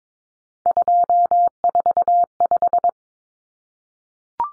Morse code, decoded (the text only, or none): 245